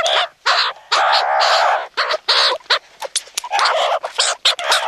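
Meerkat calls: dense, rough, overlapping squawks and chatters running almost continuously with only brief breaks.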